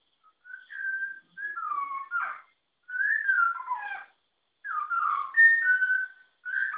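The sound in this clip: Malabar whistling thrush song: rambling, human-like whistled phrases gliding up and down, in bursts separated by short pauses; no other sounds.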